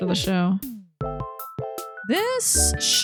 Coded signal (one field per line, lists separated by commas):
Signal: none